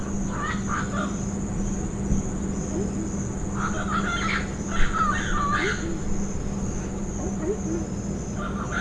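Bird calls: scattered bursts of scratchy, chattering notes repeated throughout, with a steady background hum.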